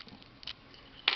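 With the master key reinserted, the metal shackle of a Safe Skies search indicator padlock is pushed back into the padlock body to lock it. A few faint ticks sound against a quiet background, then a sharp snap at 1.1 s as the shackle seats and the padlock locks shut.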